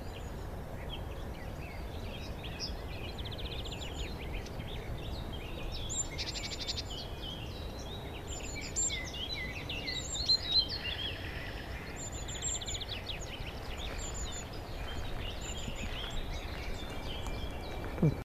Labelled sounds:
Long-tailed Tit call
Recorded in the wild
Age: adult
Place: Hobrechtsfelder Rieselfelder, Naturpark Barnim, Berlin, DE
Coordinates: 52.667, 13.4715
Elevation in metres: 60
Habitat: meadow
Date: 2014-04-19
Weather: cloudy, almost windless, 5°C
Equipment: Sound Devices 702, Sennheiser MKH 70, Rycote Windschutz
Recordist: Frommolt, Karl-Heinz

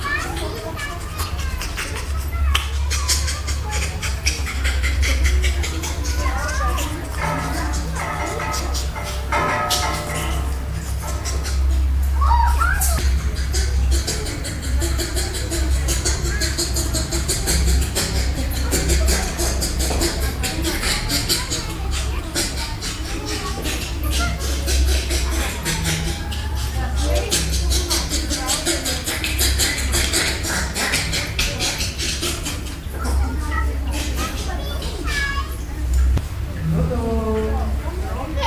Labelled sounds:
Bonobo
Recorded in captivity
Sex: male
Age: juvenile
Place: Tiergarten Wilhelma/Stuttgart, Baden-Württemberg, DE
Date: 1996-09-21 14:15
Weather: sunny, 16°C
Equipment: Sony MD-WM MZ-R3, Sennheiser ME 80, Kopie Uher 4000 Report Monitor
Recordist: Wendland-Tembrock, Sylvia

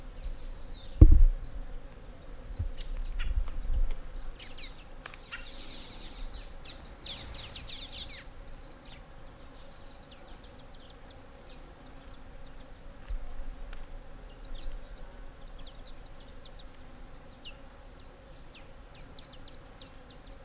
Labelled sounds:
Cape Verde Warbler call
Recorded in the wild
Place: S. Jorge dos Orgaos, Kapverdische Inseln, CV
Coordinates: 15.06, -23.62
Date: 1995-01-21
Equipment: Sony WM-D6C, Sennheiser ME 66, Kopie Revox C 270
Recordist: Fischer, Stefan

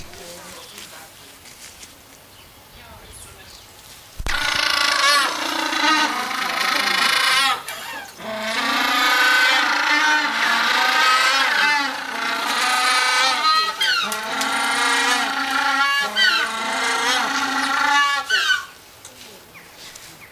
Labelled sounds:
African Penguin call
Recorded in captivity
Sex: group
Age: diverse
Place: Tierpark Berlin, Berlin, DE
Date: 1983-12-24 11:42
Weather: partly sunny, 1-3°C, no wind
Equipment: Nagra SN, Sennheiser MKH 416 T, Kopie Uher 4000 Report Monitor
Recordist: Tembrock, Günter

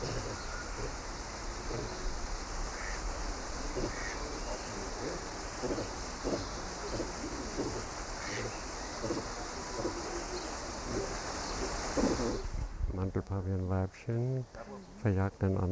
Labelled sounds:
Hamadryas Baboon call
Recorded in captivity
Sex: diverse
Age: adult
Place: Münchner Tierpark Hellabrunn, Bayern, DE
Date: 1995-05-27
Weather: wolkig, 15°C
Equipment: Marantz CP 430, Sennheiser ME 80, Kopie Uher 4000 Report Monitor
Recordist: Tembrock, Günter

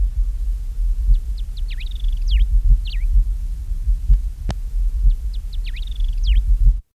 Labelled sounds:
Diuca Finch call
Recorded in the wild
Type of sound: call
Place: Córdoba, AR
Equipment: Halbspur, 9,5 cm/s
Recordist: Lütgens, Hans
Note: Rufe

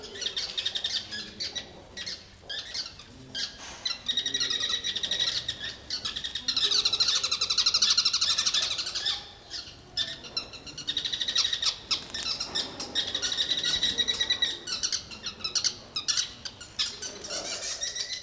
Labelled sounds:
Sociable Weaver call
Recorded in captivity
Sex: group
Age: adult
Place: Tiergarten Wilhelma/Stuttgart, Baden-Württemberg, DE
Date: 2002-10-05 15:05
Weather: fair, 15°C
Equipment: Nagra SN, Kopie Uher 4000 Report Monitor
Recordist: Tembrock, Günter
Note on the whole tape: Gruppe: diverse Lautformen

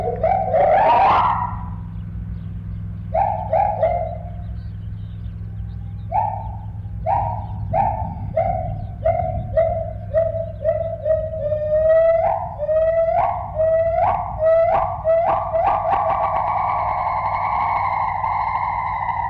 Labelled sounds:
Agile Gibbon
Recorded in captivity
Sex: pair
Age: adult
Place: Zoopark Erfurt, Thüringen, DE
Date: 1972-05-19
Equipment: Uher 4200 Report Monitor, Tesla Verstärker, Sennheiser Mikrophon
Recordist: Tembrock, Günter
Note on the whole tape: Paar (im Haus), von außen aufgenommen, Rufreihen, Duette, nicht beobachtet

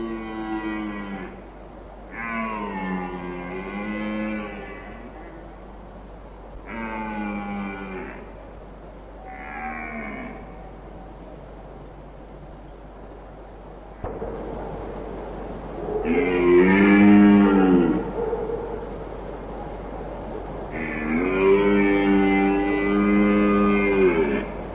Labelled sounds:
Red Deer courtship call
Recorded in the wild
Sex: male
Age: adult
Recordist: Meyer, Hugo

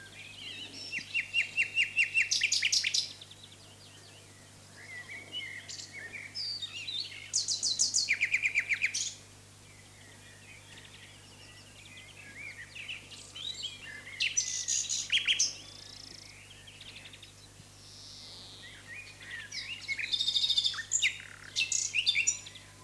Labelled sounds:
Common Nightingale song
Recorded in the wild
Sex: male
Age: adult
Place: Lübars, Berlin, DE
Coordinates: 52.6167, 13.35
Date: 2006-05-13 19:30
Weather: fair, 16°C
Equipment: Grundig CR 110, Sennheiser ME 80, Kopie Uher 4000 Report Monitor
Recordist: Tembrock, Günter

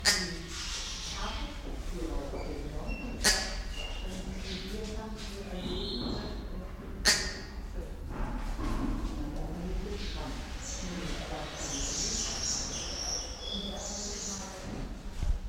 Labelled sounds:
Double-toothed Barbet call
Congo Peafowl
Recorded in captivity
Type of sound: call
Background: Afropavo congensis
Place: Zoo Berlin, Berlin, DE
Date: 1993-03-06
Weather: 3-6 °C, heiter bis wolkig
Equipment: Marantz CP 430, Sennheiser ME 80, Kopie Uher Variocord 263
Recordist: Tembrock, Günter
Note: Lautfolge

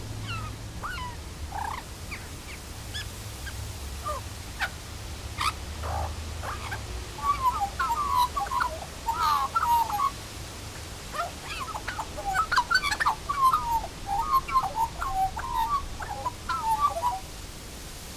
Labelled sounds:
Australian Magpie
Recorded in captivity
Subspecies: hypoleuca
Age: adult
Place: Zoo Berlin, Berlin, DE
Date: 1998-10-17 12:31
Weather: fair, 14°C
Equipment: Sony MD-WM MZ-R3, Sennheiser MKH 416 T, Kopie Uher 4000 Report Monitor
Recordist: Tembrock, Günter

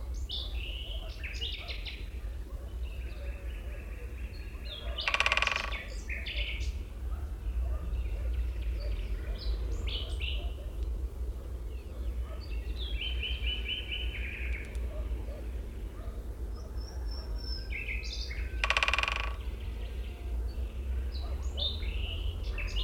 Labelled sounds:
Syrian Woodpecker drumming
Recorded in the wild
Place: Albesti, Transilvania, RO
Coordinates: 46.258, 24.86
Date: 1973-04-28
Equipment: Nagra III BH, Sennheiser MD 21, parabola
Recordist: Schubert, Michael
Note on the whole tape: Blutspecht trommelt

